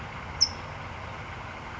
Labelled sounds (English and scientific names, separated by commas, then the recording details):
California Towhee (Melozone crissalis)
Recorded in Sonoma County, California